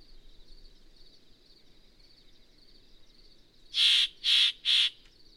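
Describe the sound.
Yellow-breasted Chat song: after several seconds of faint high buzzing background, three loud, harsh, noisy notes burst out in quick succession.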